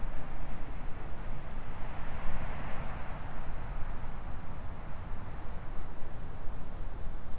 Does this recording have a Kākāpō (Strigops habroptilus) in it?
no